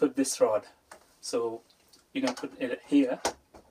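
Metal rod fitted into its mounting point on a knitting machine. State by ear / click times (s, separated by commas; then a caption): not seated / none. A metal rod is being fitted into one of its two mounting points on a Brother Chunky KH 260 knitting machine while someone talks. The rod has not seated or clicked yet; it is only being handled.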